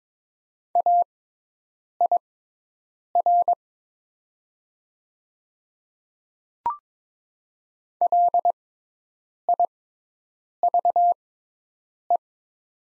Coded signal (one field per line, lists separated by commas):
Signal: Morse code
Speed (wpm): 22 wpm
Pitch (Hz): 700 Hz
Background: none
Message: AIR LIVE